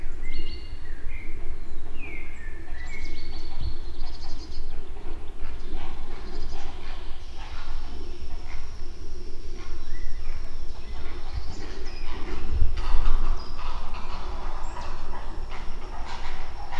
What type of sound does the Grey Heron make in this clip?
call